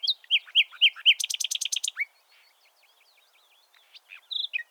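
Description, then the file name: Common nightingale song: repeated slurred whistles, then a rapid rattling series of notes, a near-silent pause and a short high whistle. "Luscinia megarhynchos"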